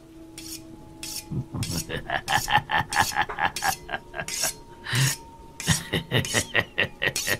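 An old man scrapes a knife blade repeatedly against the rough bottom of a small ceramic bowl to sharpen it on a cold rainy night, a steady run of short, gritty rasping strokes with sharp metallic edges, fairly loud, over a faint low hum.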